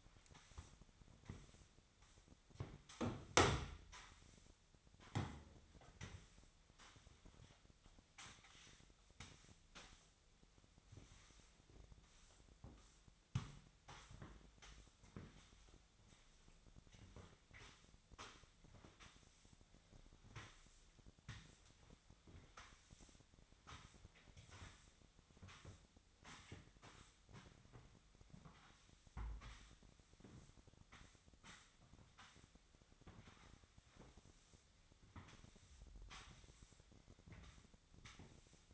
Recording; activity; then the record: daily activity, microphone in the room; sweep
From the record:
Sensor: 3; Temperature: 25.7 degrees Celsius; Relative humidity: 37.5%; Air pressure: 1006.9 hPa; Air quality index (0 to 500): 204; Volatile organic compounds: 18 ppm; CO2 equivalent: 2612 ppm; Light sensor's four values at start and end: 11/26/11/11 and 11/25/10/10